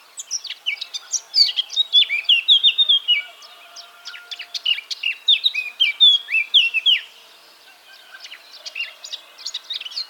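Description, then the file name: Eurasian blackcap singing a fast, varied warble that ends in loud, clear fluted notes, repeated in two bursts with a quiet gap between them, then a third burst starting at the end. "Sylvia atricapilla"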